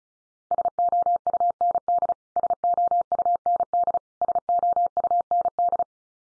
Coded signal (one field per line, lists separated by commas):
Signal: Morse code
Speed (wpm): 34 wpm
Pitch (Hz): 700 Hz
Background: none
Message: SOUND SOUND SOUND